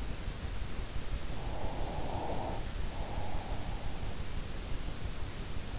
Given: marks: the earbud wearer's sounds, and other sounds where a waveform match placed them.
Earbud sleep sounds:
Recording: sounds in sleep by an in-ear microphone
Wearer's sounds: breath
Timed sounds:
1.10-4.21 s: breath

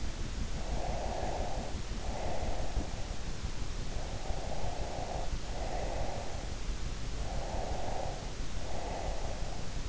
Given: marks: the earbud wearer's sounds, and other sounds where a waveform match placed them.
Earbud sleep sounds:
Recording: sounds in sleep by an in-ear microphone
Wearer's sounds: breath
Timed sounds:
0.65-3.30 s: breath
3.99-6.48 s: breath
7.24-9.89 s: breath

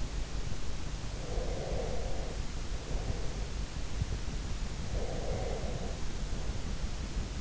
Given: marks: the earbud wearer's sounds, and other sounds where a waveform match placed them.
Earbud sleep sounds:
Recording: sounds in sleep by an in-ear microphone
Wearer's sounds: breath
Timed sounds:
1.28-3.23 s: breath
4.99-7.10 s: breath

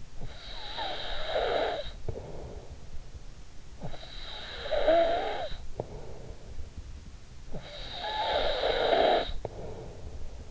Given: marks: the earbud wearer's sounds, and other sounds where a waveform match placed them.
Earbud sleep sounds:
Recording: sounds in sleep by an in-ear microphone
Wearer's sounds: snoring breath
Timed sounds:
0.00-3.42 s: snoring breath
3.82-6.71 s: snoring breath
7.17-10.51 s: snoring breath

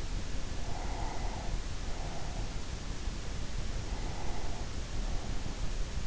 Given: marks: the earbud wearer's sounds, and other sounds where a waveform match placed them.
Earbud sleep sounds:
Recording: sounds in sleep by an in-ear microphone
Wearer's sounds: breath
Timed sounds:
0.42-2.76 s: breath
3.85-5.85 s: breath

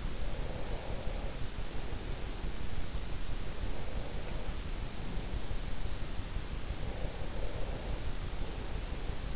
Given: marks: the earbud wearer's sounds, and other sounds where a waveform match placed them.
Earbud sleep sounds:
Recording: sounds in sleep by an in-ear microphone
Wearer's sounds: breath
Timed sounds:
0.29-2.62 s: breath
3.41-5.74 s: breath
6.78-9.35 s: breath

